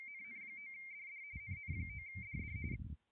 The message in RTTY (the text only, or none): NN9DD NN9DD